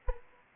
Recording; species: mosquito wingbeat signal from an infrared sensor; Anopheles arabiensis